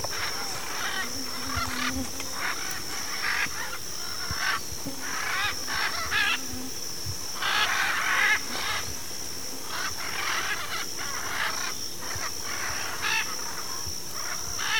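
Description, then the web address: Military macaw giving repeated harsh, raucous squawks, with a steady high whine in the background. Recorded in Ecuador. "Birds of Ecuador. Military Macaw"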